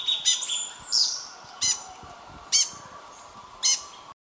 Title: LuckyPassaro Completos2Sama. Rufous-headed Tanager (Hemithraupis ruficapilla)